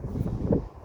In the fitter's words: When you're done, just screw this back on until it clicks. The clicking means it's tight.